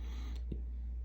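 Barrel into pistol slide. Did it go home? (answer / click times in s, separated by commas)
no / none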